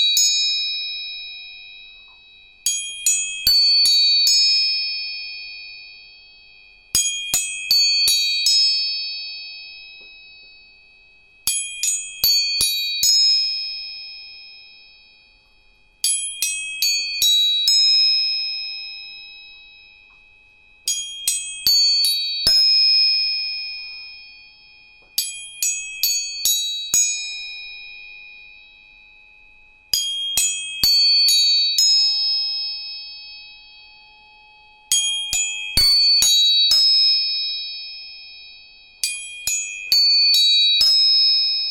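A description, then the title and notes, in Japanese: Tuning forks are struck in quick clusters of two or three taps, roughly every four to five seconds. Each strike gives a bright metallic ping over a steady high, pure tone that rings on and slowly fades before the next group. The room is otherwise quiet. 音叉チューニング全体性。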